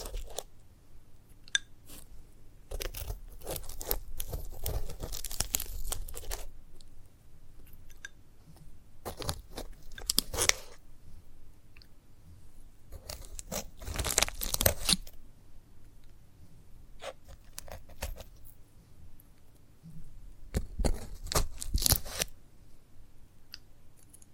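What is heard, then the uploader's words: Crunchy, crackling sounds come from handling a sunflower head, arriving in bursts of dense snapping and tearing, with the loudest clusters around 3, 9 to 11, 14 and 21 seconds. Between bursts there are sparse clicks and a soft low rumble. ASMR of a Sunflower Head (No Talking).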